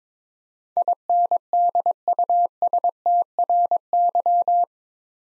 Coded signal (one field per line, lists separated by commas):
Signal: Morse code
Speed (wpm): 22 wpm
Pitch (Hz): 700 Hz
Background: none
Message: INDUSTRY